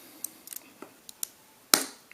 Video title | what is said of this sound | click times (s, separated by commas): Ipod Touch 2nd generation. Digitizer glass (Touch Screen) removal | hear that snap off it comes | 1.7 s